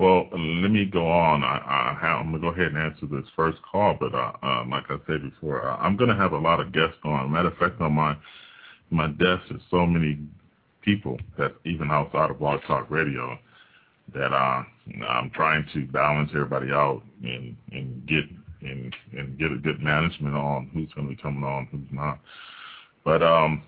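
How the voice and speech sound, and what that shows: A low-pitched adult man talks at a brisk pace on a radio talk show, with several stretched vowels and a cluster of repeated starts, 'an- an- get, an- an- get a good,' broken by short pauses. He stutters a lot; these repetitions and prolongations are stuttering within otherwise connected speech.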